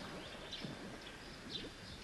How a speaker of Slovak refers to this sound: Počuješ? Aj vtáci sa ohlášajú.